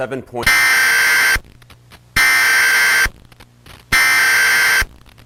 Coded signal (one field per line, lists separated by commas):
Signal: Emergency Alert System (SAME) tones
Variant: header bursts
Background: speech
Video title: Yellowstone Eruption - EAS Scenario (2025)